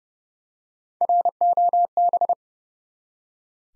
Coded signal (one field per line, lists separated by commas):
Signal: Morse code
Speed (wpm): 30 wpm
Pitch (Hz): 700 Hz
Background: none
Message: ROB